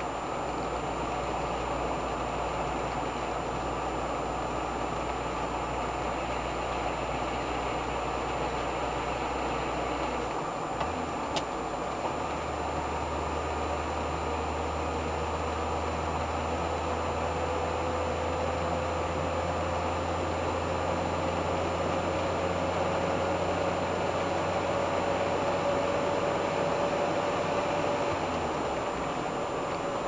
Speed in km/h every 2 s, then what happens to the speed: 53, 53, 53, 53, 54, 54, 54, 55, 58, 59, 61, 63, 64, 66, 65.
0-13 steady at about 53. 13-26 speeds up to 66.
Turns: none.